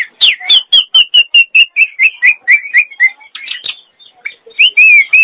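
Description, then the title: Nias hill myna song: fast series of loud whistled notes that slowly drop in pitch, then a pause and several slurred whistles. "Jalak Nias"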